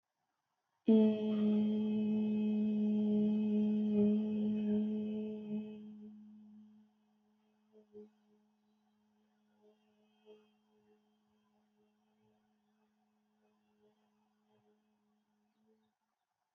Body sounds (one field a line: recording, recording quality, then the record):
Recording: sustained vowel as in beet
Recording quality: excellent, no background noise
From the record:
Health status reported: healthy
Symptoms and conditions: none ticked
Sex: female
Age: 29 years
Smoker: not ticked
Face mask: not worn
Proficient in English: yes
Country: India